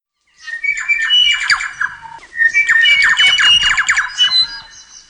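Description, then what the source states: New Zealand Bellbird song in two rich phrases of ringing, bell-like notes mixed with quick chimes and clicks. Bellbird song, described by Captain Cook as sounding like small bells exquisitely tuned; recorded for a bellbird release at Whakanewha Regional Park, Waiheke, 16 May 2010.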